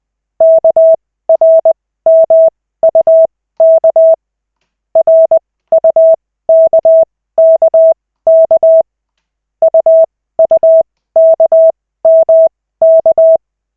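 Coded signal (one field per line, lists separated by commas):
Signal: Morse code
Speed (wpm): 20 wpm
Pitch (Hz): 650 Hz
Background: none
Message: KRMUK RUKKK UUKMK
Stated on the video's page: Koch method Morse practice session, lesson 3 of 40, five minutes, generated by the LCWO.net website.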